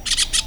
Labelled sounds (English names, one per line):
Brown-throated Parakeet contact call